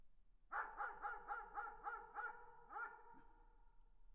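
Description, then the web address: Dog barking rapidly, seven barks in a fast run, a brief gap, then one final bark. "tag собаки"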